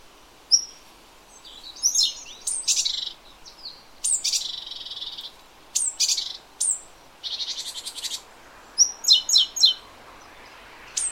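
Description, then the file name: Great tit with a busy series of calls: short high whistles, sharp downward sweeps and harsh buzzy churrs, ending in a quick stuttering run of notes. "Parus major"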